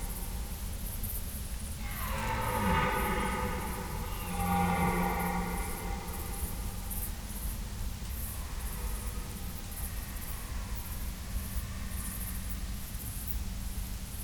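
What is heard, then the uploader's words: A red deer stag gives two long, drawn-out roars, the first starting around two seconds and the second near four seconds, each fading out over a few seconds. Steady wind or ground noise runs throughout, with faint high ticking like insects above it. Stags on the Rut. An extract from an overnight recording of red deer stags calling during the rut. Recorded in Schönbuch, near Tübingen, DE, in September 2023.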